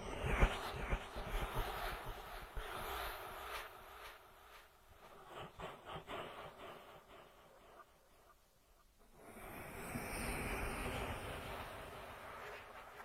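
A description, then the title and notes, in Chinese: Soft rubbing and brushing sounds of an ear massage, busy and crackly at first, near-silent around eight seconds, then a smoother hiss returns. 耳朵按摩。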